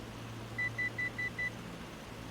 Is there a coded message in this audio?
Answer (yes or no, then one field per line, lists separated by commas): no